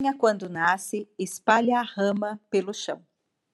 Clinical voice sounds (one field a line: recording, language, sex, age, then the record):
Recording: short text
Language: Brazilian Portuguese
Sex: female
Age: 50 to 59 years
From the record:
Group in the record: control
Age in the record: 52 years